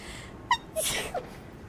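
A short, high voiced intake of breath is followed by a sharp, hissing burst of air and a brief trailing voiced sound. This is a single sneeze, an ordinary reflex to clear irritation from the nose.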